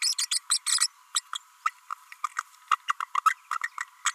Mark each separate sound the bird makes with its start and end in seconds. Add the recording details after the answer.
0.01-0.14, 0.18-0.27, 0.31-0.40, 0.50-0.59, 0.66-0.79, 1.14-1.21, 1.35-1.38, 1.64-1.70, 2.70-2.77, 2.88-2.94, 3.00-3.05, 3.14-3.21, 3.25-3.35, 3.50-3.58, 3.63-3.69, 3.80-3.85, 4.05-4.12. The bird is a female. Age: 32 days. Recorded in a nest box in Venezuela. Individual 17B32A5